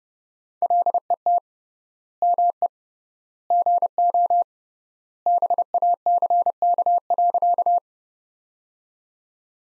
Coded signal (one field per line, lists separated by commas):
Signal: Morse code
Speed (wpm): 30 wpm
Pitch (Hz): 700 Hz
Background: none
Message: LET ME GO BACK.